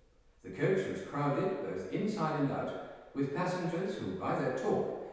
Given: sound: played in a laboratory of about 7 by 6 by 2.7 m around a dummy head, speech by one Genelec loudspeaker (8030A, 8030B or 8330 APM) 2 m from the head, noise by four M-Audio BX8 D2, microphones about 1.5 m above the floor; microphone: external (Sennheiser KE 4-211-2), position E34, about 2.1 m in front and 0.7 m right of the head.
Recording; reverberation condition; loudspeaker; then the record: male speech in English; high; 90 degrees to the left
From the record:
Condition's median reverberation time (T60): about 1300 ms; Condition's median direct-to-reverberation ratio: about -4.0 dB